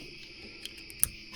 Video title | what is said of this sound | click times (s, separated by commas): I Tested The Brightest LED Headlights - Offroad Lights - Install + Review | These click right in. | 1.0 s